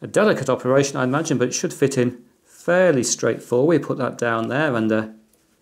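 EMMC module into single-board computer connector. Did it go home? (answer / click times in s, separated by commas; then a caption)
no / none. An eMMC storage module is handled over its board-to-board connector on the underside of an ODROID XU4 octa-core single-board computer while someone talks throughout. Speech fills the clip, with one faint short sound near the end. Nothing has seated or clicked yet.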